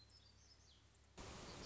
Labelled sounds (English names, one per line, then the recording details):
Black-throated Gray Warbler
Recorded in Sonoma County, California